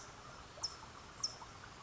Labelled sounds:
California Towhee (Melozone crissalis)
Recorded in Sonoma County, California

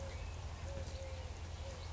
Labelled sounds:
Eurasian Collared Dove (Streptopelia decaocto)
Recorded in Sonoma County, California

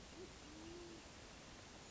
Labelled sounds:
Band-tailed Pigeon (Patagioenas fasciata)
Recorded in Sonoma County, California

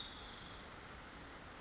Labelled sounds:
Spotted Towhee (Pipilo maculatus)
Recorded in Sonoma County, California

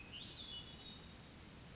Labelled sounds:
Hermit Thrush (Catharus guttatus)
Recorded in Sonoma County, California

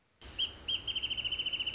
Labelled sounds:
Wrentit (Chamaea fasciata)
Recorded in Sonoma County, California

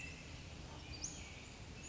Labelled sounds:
Western Flycatcher (Empidonax difficilis)
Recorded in Sonoma County, California

